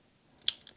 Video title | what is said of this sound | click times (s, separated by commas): Fitbit Charge 4 Unboxing & More! | wiggle it until you hear that click and then you should be able to | 0.5 s